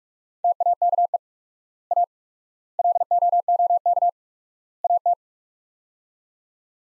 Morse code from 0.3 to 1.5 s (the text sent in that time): TAKE